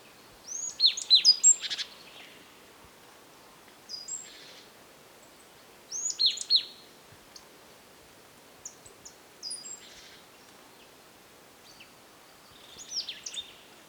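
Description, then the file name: Marsh tit calling in several short clusters of high, thin, slurred notes, some bursts fainter than others. "Poecile palustris"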